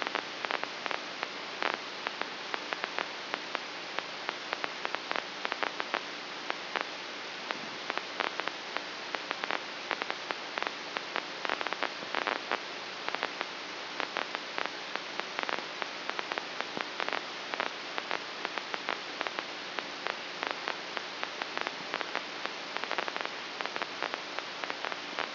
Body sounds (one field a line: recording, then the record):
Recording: brain microelectrode recording played as sound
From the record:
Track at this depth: inside the subthalamic nucleus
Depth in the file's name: 2.004 mm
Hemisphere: left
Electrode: 2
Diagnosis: Parkinson's disease